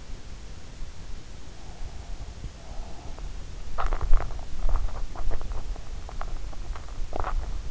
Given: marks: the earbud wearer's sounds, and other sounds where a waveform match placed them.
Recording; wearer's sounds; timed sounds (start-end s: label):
sounds in sleep by an in-ear microphone; breath, teeth grinding
1.21-3.39 s: breath
3.72-7.71 s: teeth grinding